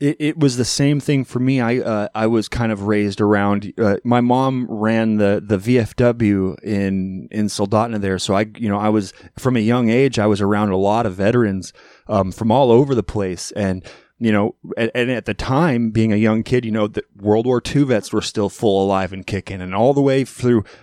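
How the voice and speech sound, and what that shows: A man speaks fluently in a relaxed, conversational tone, with a low, steady voice and natural phrasing. There are ordinary pauses and a few fillers like "you know" and "um". Articulation and voice quality sound typical, with no sign of a speech disorder.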